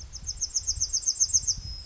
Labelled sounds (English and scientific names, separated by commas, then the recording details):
Yellowhammer (Emberiza citrinella) song
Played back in forest
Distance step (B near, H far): D
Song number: 015